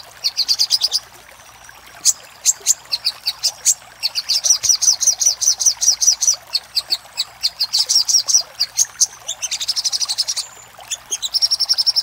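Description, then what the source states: Little spiderhunter song: fast runs of sharp, high chipping notes in bursts of a second or two, broken by short pauses, with a thin whistled note near the end. Master recording for training cage birds; labelled Labaik.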